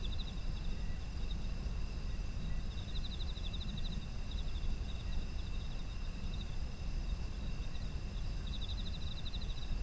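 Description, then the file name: Insects giving pulsed chirping trills at intervals, with steady shrill high tones and a strong low rumble throughout. Autumn insects, ambient environmental sound. "秋の虫の環境音"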